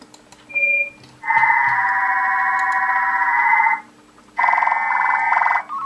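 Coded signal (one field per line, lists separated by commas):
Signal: digital SSTV (DRM)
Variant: HamDRM OFDM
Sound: two short tones, then two long steady multi-tone hissing blocks with a gap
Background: low hum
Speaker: klikneme na transmit a uvidíme jak to pojede tady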